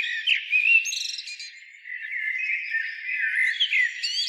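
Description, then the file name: Common blackbird, bright warbling whistles sliding up and down, with brief higher chirps near the start and end. "Turdus merula"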